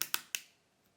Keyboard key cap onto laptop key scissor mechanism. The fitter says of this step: just click on it